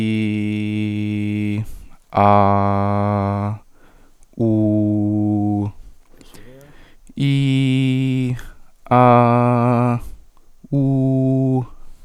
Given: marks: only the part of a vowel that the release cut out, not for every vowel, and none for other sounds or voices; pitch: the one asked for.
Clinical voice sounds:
sustained vowels; male; 20 to 29 years; 0; 0; 0
0.00-1.50 s: vowel /i/, normal pitch
2.24-3.36 s: vowel /a/, normal pitch
4.50-5.58 s: vowel /u/, normal pitch
7.31-8.24 s: vowel /i/, high pitch
9.11-9.89 s: vowel /a/, high pitch
10.80-11.55 s: vowel /u/, high pitch
From the record:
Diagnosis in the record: healthy voice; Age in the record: 21 years

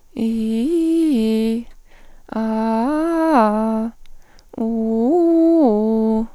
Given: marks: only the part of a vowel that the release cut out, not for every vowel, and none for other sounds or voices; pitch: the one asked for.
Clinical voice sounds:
sustained vowels; female; 30 to 39 years; 1; 1; 0
0.25-1.55 s: vowel /i/, low-high-low pitch
2.39-3.82 s: vowel /a/, low-high-low pitch
4.64-6.17 s: vowel /u/, low-high-low pitch
From the record:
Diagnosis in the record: phonasthenia (vocal fatigue); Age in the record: 36 years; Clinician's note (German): Mit habitueller Mikrophonie

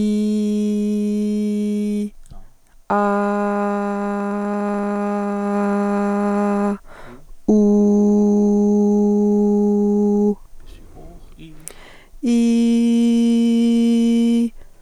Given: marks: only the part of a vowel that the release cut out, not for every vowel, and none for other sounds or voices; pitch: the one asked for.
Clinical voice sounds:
sustained vowels; female; 20 to 29 years; 1; 0; 1
0.00-1.93 s: vowel /i/, normal pitch
3.42-5.38 s: vowel /a/, normal pitch
7.97-9.93 s: vowel /u/, normal pitch
12.35-14.22 s: vowel /i/, high pitch
From the record:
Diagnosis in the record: hyperfunctional dysphonia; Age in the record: 29 years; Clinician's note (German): Hyperfunktionelle Dysphonie

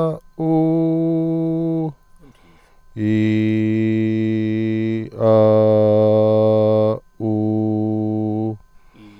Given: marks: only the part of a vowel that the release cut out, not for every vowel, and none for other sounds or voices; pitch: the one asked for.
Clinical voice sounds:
sustained vowels; male; 40 to 49 years; 0; 0; 0
0.53-1.80 s: vowel /u/, high pitch
3.27-4.89 s: vowel /i/, low pitch
5.32-6.82 s: vowel /a/, low pitch
7.31-8.42 s: vowel /u/, low pitch
From the record:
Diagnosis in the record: healthy voice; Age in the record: 45 years

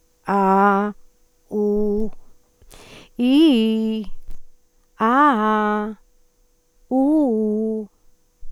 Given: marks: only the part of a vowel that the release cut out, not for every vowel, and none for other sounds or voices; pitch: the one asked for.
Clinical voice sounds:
sustained vowels; female; 60 to 69 years; 0; 0; 0
0.32-0.85 s: vowel /a/, low pitch
1.55-2.06 s: vowel /u/, low pitch
3.24-3.97 s: vowel /i/, low-high-low pitch
5.05-5.82 s: vowel /a/, low-high-low pitch
6.95-7.77 s: vowel /u/, low-high-low pitch
From the record:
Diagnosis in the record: dysphonia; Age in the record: 66 years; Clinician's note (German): Funktionelle Dysphonie, beginnende Altersstimme

